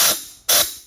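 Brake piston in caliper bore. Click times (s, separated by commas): 0.5 s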